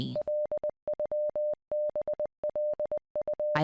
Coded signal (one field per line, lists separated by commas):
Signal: Morse code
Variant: Russian alphabet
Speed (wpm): 21 wpm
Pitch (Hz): 600 Hz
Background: none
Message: ЛЮБЛУ